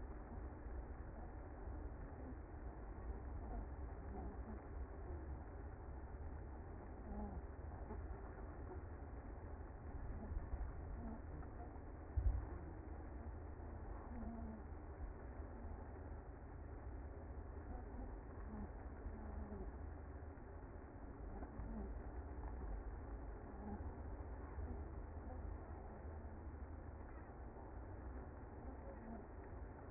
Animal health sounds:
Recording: honeybee colony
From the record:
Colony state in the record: active

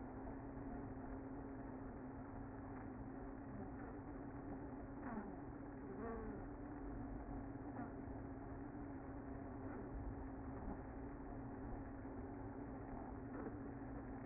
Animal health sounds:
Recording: honeybee colony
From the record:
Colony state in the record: active

